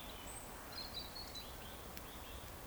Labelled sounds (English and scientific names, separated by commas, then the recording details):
Eurasian Woodcock (Scolopax rusticola) whistle
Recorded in Baden-Württemberg, Germany, on 15 June 2020 at 19:48 UTC
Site 14569, 102 m above sea level